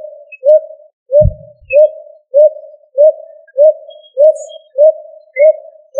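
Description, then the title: Pigeon giving short, soft, slightly rising coos, repeated steadily about every two-thirds of a second, with one low thump early on. "LuckyFamilia ColumbidaePombaSama"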